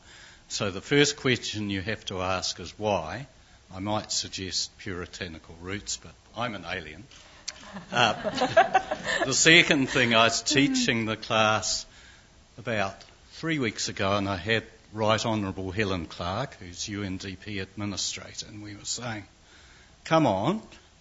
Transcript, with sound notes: So the first question you have to ask is, "Why?" I might suggest puritanical roots, but I'm an alien. [Laughter] The second thing, I was teaching a class about three weeks ago and I had Right Honorable Helen Clark who's UNDP administrator and we were saying, "Come on.